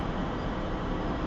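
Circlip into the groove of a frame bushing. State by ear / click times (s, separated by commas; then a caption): not seated / none. A steel circlip is handled at a palm-button-driven press, ready to be pushed into the ring groove of a bushing in a motorcycle frame tube. Only a steady, broadband rumbling noise is heard throughout, with no sharp transients. The circlip has not seated or clicked yet.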